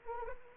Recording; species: mosquito wingbeat signal from an infrared sensor; Anopheles arabiensis